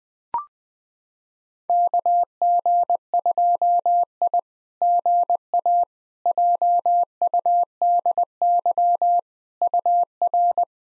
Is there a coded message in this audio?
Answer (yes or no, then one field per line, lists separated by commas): yes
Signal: Morse code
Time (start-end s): 1.7-10.6 s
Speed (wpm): 20 wpm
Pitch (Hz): 700 Hz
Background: none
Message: KG2I GA JUDY UR